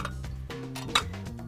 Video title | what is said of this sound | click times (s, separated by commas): Little Giant Xtreme™ Multi purpose Ladder | just simply slide into this housing. You'll see that spring-loaded button pop into place. | 1.0 s